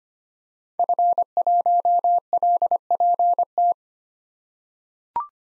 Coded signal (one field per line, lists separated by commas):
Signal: Morse code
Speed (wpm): 25 wpm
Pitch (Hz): 700 Hz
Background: none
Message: F1LPT